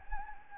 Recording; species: mosquito wingbeat signal from an infrared sensor; Anopheles gambiae